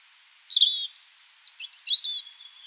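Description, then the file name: European robin song phrase: a burst of high, thin warbling notes that slide, flicker and trill for about two seconds, with a faint high whistle before and after, otherwise quiet. "Erithacus rubecula"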